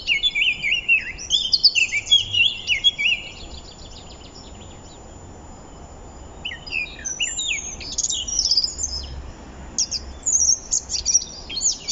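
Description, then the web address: Eurasian blackcap warbling song, fast scratchy and fluty high notes in two bursts with a quiet gap between them, steady low background hiss. "SETE Sylvia atricapilla"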